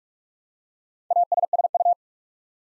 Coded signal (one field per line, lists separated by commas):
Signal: Morse code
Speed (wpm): 44 wpm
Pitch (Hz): 700 Hz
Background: none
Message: ASSU